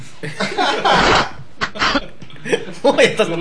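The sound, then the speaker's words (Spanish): A loud coughing fit: a long harsh burst followed by several shorter, ragged coughs in an uneven rhythm, with throaty, breathy textures between them. “Le dio tos.”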